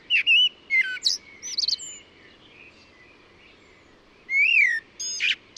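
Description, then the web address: Bird calls: scattered sharp chirps and short whistled notes, some rising, with a loud burst near the start and another toward the end, separated by quiet gaps. "cianscape birddata Deverinetal 2025 Bird Only Tu Me Tu Me"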